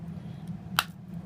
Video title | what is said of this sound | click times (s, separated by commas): Bentley Continental Flying Spur - Warning Lights, Oil Change, Brakes, Air Struts, Chassis, Service | and you heard it snap together you're all set there's no marks there's no gouges | 0.8 s